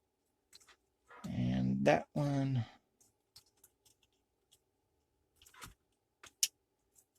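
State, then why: Seated. A plastic wiring-harness connector is plugged into its mating radio adapter harness plug while an aftermarket touchscreen radio is installed in a truck dash. Someone talks briefly, then soft handling taps and rustles lead to a sharp click at 6.4 seconds as the connector seats.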